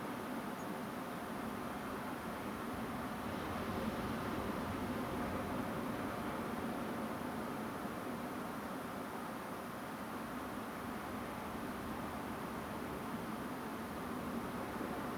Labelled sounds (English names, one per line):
European Robin